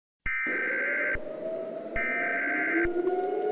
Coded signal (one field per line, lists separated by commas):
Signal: Emergency Alert System (SAME) tones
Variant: header bursts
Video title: EAS Scenario Short #2 - Below Freezing